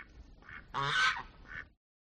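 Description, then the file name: Goose with one loud harsh honk between softer calls, then the sound cuts off. Geese quacking. "audio hero Birds Geese Quacking"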